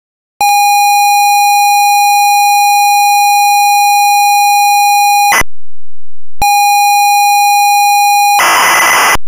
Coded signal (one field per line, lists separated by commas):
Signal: ZX Spectrum tape loading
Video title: Lord of the Rings Game One [SIDE A] (1985) - Sinclair ZX Spectrum (Full Tape Rip / Cassette Load)